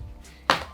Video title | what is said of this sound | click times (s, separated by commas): DIY - Des intercoms "pro" à 50€ pour vos lives & tournages | dans un petit clic ok | 0.5 s